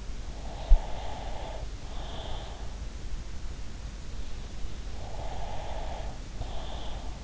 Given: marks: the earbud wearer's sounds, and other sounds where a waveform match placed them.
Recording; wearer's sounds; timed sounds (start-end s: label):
sounds in sleep by an in-ear microphone; breath
0.33-2.85 s: breath
4.95-7.24 s: breath